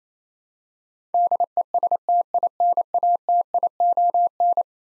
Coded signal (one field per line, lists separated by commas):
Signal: Morse code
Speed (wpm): 28 wpm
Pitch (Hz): 700 Hz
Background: none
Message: DESTINATION